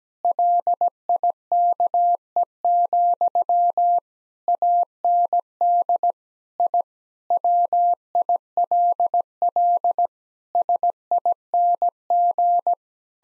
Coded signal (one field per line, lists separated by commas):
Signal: Morse code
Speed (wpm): 17 wpm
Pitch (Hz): 700 Hz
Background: none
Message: LIKE, AND I WILL SING